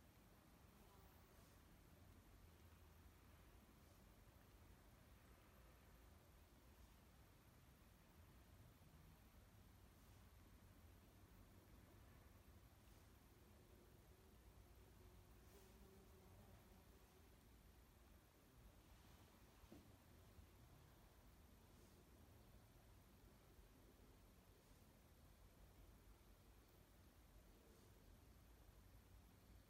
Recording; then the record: sound track of a video of a horse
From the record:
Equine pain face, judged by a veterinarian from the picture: present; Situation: after eating a carrot, before or after surgery for tooth resorption and hypercementosis (EOTRH)